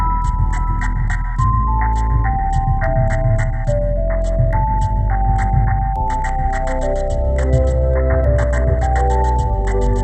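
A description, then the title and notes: Metal tube instruments play a steady stepping melody over a deep, continuous low drone, while quick bursts of high cicada-like buzzing pulse in clustered runs. Showcasing instruments made out of metal tubes and the sound of cicadas, obtained from a video made by YouTuber Esabelle.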